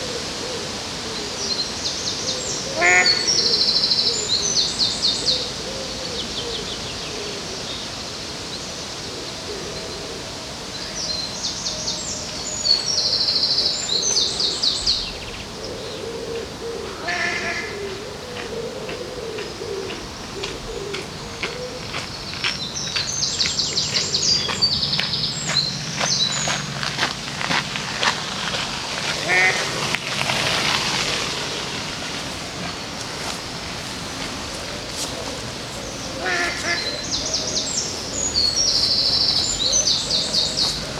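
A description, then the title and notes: Along the river in Odense, a steady low hum and wash of water run through the whole recording. High, bright bird calls come in short bursts every several seconds, near 2–5, 11–14, 24–28 and 36–40 seconds. A low rumble swells briefly around 25–30 seconds. Sounds along the river in Odense, Denmark.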